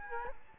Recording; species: mosquito wingbeat signal from an infrared sensor; Culex quinquefasciatus